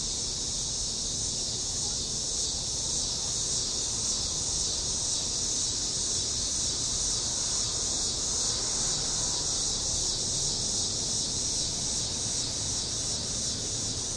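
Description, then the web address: Cicada: a dense, steady high-pitched buzz that holds unbroken for the whole stretch, with a faint low rumble underneath. "cicadas nobilisreed"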